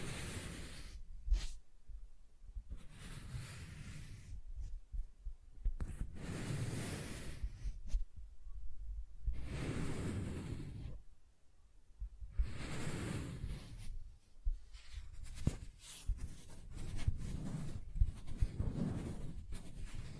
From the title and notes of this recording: ASMR Soft Tracing on Smooth and Rough Surfaces (No Talking).